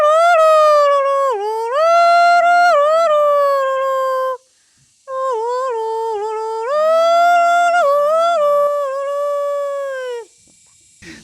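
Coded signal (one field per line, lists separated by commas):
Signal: whistled language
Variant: Kongthong jingrwai iawbei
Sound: a voice hums or sings a wavering, sliding tune in two long phrases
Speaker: this is a very unique thing you have heard, no? It is the whistling village of India. She has her name, and this is the song.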